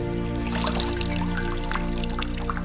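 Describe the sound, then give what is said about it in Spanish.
Soapy water is poured steadily into a bowl to wet a sponge for washing a body, a continuous bright splashing trickle lasting a few seconds at an even level, with a low steady hum underneath and no voices. “Llena un cuenco con agua jabonosa, con la que humedece una esponja para lavar el cuerpo.”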